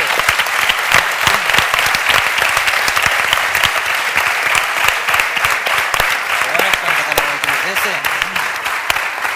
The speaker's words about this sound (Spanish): Así que muchísimas gracias. Y un aplauso.